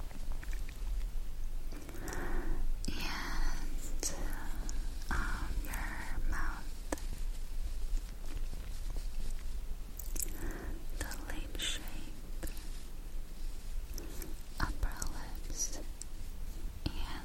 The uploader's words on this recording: ASMR Tracing & Touching Your Face.